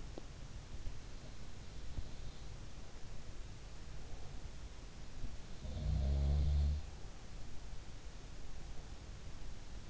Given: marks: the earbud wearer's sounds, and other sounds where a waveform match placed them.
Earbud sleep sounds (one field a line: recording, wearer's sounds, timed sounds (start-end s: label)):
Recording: sounds in sleep by an in-ear microphone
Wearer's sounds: teeth grinding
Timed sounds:
0.00-0.41 s: teeth grinding
5.23-7.23 s: sound from someone else or the room